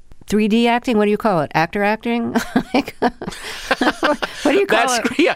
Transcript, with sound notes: 3-D acting - what do you call it, actor acting?
(LAUGHTER)
Like, what do you call it?